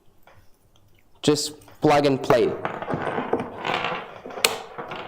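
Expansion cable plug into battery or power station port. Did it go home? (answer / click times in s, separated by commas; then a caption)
yes / 4.4 s. An expansion cable plug is pushed home into the port of a battery or power station while someone talks. A sharp click at 4.5 s marks the plug seating, and the talking continues afterward.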